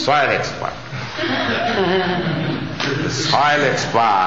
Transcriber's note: laughter